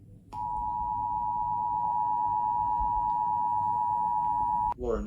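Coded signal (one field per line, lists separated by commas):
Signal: Emergency Alert System (SAME) tones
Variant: 853 and 960 Hz attention tone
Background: speech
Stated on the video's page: Fictional EAS scenario, not a real alert.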